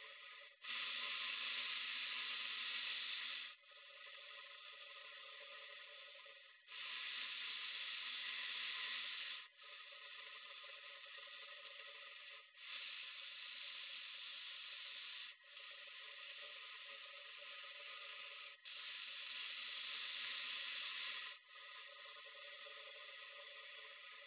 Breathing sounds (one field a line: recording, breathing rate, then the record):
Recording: paced breathing near a phone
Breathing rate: 10 breaths a minute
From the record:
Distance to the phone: 20 cm